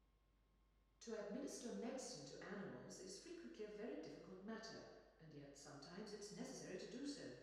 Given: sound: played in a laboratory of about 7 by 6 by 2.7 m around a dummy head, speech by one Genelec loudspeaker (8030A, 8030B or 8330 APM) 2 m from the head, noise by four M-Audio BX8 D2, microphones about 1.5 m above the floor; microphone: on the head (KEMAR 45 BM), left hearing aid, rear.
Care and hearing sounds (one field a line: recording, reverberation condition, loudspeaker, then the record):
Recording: female speech in English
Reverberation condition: high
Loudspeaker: in front (0 degrees)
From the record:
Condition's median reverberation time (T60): about 1300 ms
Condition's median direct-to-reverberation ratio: about -4.0 dB